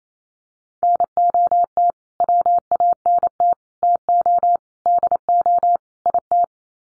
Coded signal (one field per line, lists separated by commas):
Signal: Morse code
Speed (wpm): 28 wpm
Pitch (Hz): 700 Hz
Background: none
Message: NOT WANT TO DO IT